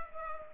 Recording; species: mosquito wingbeat signal from an infrared sensor; Culex pipiens